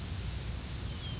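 White-throated sparrow giving a single very high, thin seet note, brief and steady, over a quiet low background hiss.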